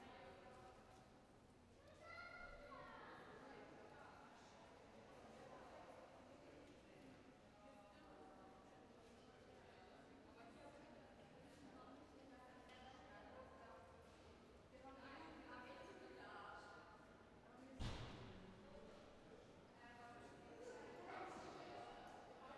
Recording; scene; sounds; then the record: everyday scene through a hearing-aid microphone; reverberant space; background noise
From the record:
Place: railway station hall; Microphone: behind the ear, right, front